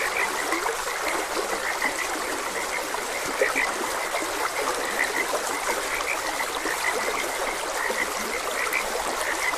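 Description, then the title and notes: Frogs keep up a busy croaking chorus of short notes, heard over a steady babbling stream. Frogs croaking beside a gentle stream. "Gentle Stream and Frogs Croaking. Sleep and Relaxation Podcast"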